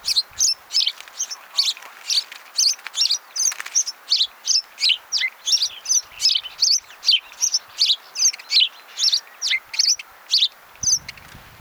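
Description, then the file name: House sparrow giving repeated bright chirps, about three each second in a slightly uneven rhythm, one note sometimes doubled, against a quiet background. "Passer domesticus"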